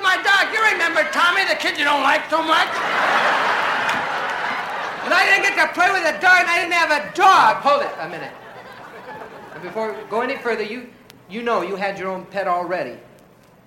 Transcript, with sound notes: You remember Tommy, the kid you don't like too much.
(LAUGHTER)
And I didn't get to play with a dog, and I didn't have a dog.
Hold it a minute. Before you go any further, you know you had your own pet already.